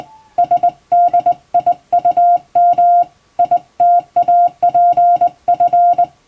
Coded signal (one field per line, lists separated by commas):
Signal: Morse code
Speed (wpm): 21 wpm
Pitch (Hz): 700 Hz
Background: music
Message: SDIUM ITAPF